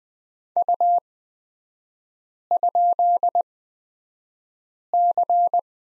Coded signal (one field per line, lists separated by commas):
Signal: Morse code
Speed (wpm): 20 wpm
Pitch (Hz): 700 Hz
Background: none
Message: U?C